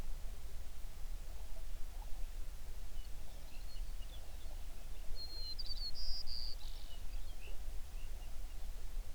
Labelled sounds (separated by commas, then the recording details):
songbird
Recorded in the Prudhoe Bay oil fields, Alaska, on 11 June 2019 at 05:19
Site 21